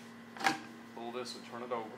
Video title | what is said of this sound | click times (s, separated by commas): Rolla Convoy 1 Bike Platform Modular Bicycle Carrier Unboxing and Installation How To Series | trek dit weer op zijn plaats, het zal vastklikken er | 0.4 s, 0.5 s